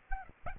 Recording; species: mosquito wingbeat signal from an infrared sensor; Aedes albopictus